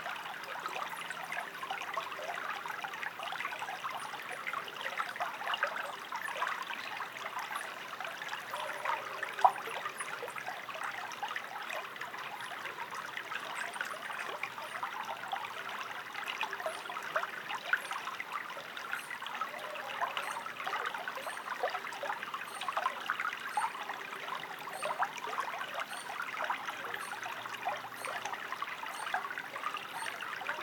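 A creek flows steadily along its banks, a dense, even trickle and babble of water that holds the same level for the whole half minute. The sound sits in the middle and upper range with no low rumble, speckled by tiny splashes and a brief sharper drip near ten seconds.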